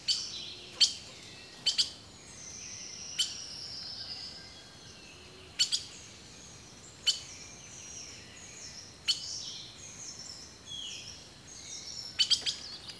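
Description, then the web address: Birds singing in a chorus, with sharp high chips repeated over long, thin whistled notes. Rainforest birdsong. "The Natural Sounds of the Wilderness Echoes of Nature - Rainforest Birdsong"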